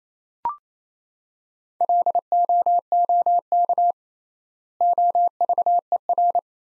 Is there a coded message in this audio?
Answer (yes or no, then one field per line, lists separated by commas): yes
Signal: Morse code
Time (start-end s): 1.8-6.4 s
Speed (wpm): 28 wpm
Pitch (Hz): 700 Hz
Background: none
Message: LOOK OVER